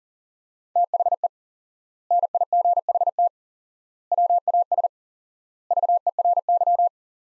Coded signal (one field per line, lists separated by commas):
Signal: Morse code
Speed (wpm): 37 wpm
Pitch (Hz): 700 Hz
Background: none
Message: THE NIGHT WAS VERY